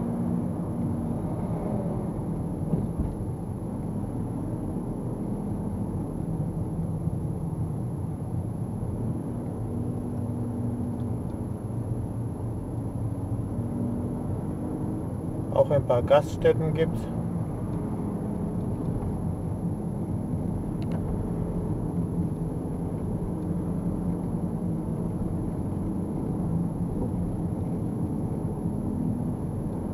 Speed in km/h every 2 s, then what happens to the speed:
34, 34, 33, 29, 29, 28, 31, 33, 36, 35, 36, 38, 38, 35, 36.
0-11 steady at about 29. 11-15 speeds up to 36. 15-30 steady at about 36.